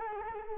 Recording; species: mosquito wingbeat signal from an infrared sensor; Culex quinquefasciatus